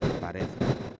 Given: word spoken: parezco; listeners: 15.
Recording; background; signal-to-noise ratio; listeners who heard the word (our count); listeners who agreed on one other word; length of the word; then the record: one Spanish word in noise, from a listening test; noise modulated by one talker; -8.5 dB; 2 of 15; 10 of 15; 0.59 s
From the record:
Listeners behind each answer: 10, 2, 1, 1, 1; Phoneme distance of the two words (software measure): 24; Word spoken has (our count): 3 syllables, 7 phonemes, stress on syllable 2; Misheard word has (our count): 2 syllables, 5 phonemes, stress on syllable 2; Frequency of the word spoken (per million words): 1.80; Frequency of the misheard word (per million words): 44.55